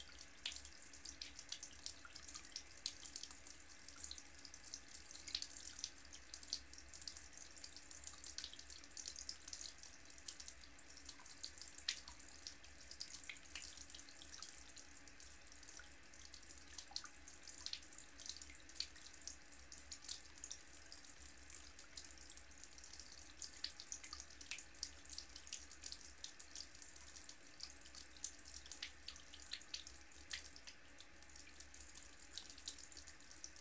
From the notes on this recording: Wash – Hand Basin: Running Tap, Plug Not Inserted